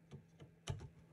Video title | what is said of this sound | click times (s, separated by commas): Testing the Design we made for the SV06 on an SV06 PLUS | and it will snap in place | 0.7 s